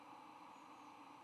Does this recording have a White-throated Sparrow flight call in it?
no